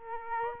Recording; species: mosquito wingbeat signal from an infrared sensor; Aedes aegypti